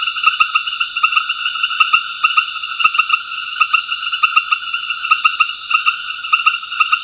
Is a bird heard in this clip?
no